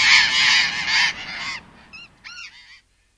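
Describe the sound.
Burrowing parakeet calls: loud, harsh, buzzy screeches in a fast burst for about a second and a half, then a few fainter, thinner squawks.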